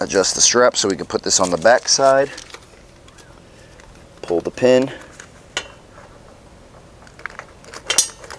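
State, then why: Seated. Someone talks while adjusting an adjustable safety strap, and its flex pin is pushed into the square hole on the back side of a steel rack upright. Light metallic clinks and handling sounds come from around 3 to 5.6 seconds. A sharp metallic click at 7.3 seconds marks the pin locking into the rack, followed by a louder clatter just before 8 seconds.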